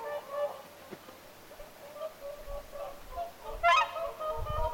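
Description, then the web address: Whooper swans giving scattered honking calls, one louder trumpeting burst near the end, over background rumble. Whooper swans calling at Lintulahti on 6 November 2025. "paivat 6 11 2025 laulujoutsenten aantelya lintulahdella"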